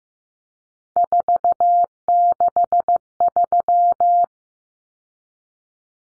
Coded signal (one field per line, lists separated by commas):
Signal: Morse code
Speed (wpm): 15 wpm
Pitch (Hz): 700 Hz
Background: none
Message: 463